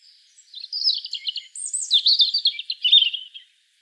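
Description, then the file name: European robin: one continuous phrase of high, thin, wavering whistles and rapid trilled twitters, rising and falling in pitch for about three seconds. "Erithacus rubecula"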